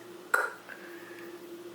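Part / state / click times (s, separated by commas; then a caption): coaxial antenna cable connector onto the FPV air unit board socket / seated / 0.3 s. A small coaxial antenna cable connector is pressed onto its socket on a DJI FPV air unit (drone video transmitter) board, giving a tiny, light pop as it seats at 0.4 s, followed by a fainter tick at 0.7 s over a steady low hum. The connector seats and secures in place.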